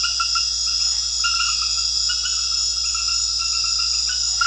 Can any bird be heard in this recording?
no